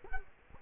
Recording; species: mosquito wingbeat signal from an infrared sensor; Culex quinquefasciatus